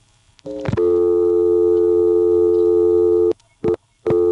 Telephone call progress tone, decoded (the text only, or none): dial tone